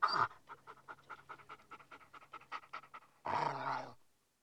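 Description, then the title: Dog panting rapidly in quick, even breaths several times a second, ending with one longer, louder exhale. "NHK Sound Effects Collection - 3-Frogs, Crickets, Cicadas, Horses, Dogs"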